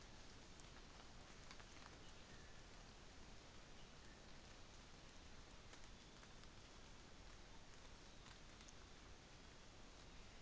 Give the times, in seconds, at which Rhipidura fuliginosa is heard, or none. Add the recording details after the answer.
none. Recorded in New Zealand on 24 December 2018. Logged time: 09:00